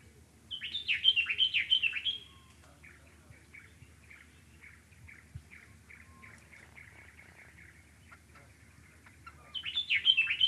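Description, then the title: Dark-capped bulbul calling: a loud, bubbling run of liquid whistled notes, then a steady series of soft chirps, then the bubbling phrase again at the end. Recorded in the Okavango. "intotheokavango dark capped bulbul"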